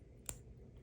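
After the time is set, a Vortic Chicago watch crown is pushed back into its sleeve in the case, giving a single sharp, bright click at 0.3 s over a quiet low background hum. The crown seats back in.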